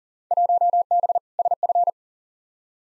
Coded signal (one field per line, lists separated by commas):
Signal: Morse code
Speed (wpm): 38 wpm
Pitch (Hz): 700 Hz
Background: none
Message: 1B SF